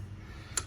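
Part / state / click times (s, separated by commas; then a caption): folding support foot into its locking bracket on an RV fold-down bed/table / seated / 0.6 s. In a 2016 Forest River Vengence RV, a lever is pushed down and the folding support foot of a fold-down bed/table section is swung over into its locking bracket. After quiet low hum, a single sharp click sounds at 0.58 s as the foot locks back up into place, so no one falls while sitting or sleeping on the section.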